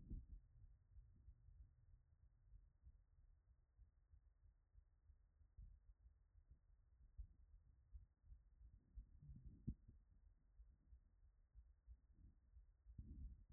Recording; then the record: heart sounds by stethoscope after running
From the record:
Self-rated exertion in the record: vigorous exertion (4 of 6); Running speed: 8 mph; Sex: male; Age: 18 years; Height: 175 cm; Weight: 75 kg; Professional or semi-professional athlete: no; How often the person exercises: 3 to 5 times a week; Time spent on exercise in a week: 1 to 2 hours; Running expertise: no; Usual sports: weight training, gym workouts, basketball